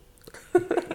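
After about half a second of near silence, a woman sneezes once: a small, soft, cute sneeze with a sudden sharp burst followed by a brief second release. It is quiet rather than forceful, an ordinary single sneeze.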